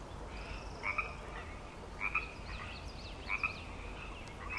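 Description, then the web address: Frogs calling, a few distinct loud croaks standing out over a softer chorus, alongside brief high chirps. Frog chorus on Grafton Lake, recorded 3 May 2009. "The Frog Chorus Tunes Up On Grafton Lake frogs edit 090503"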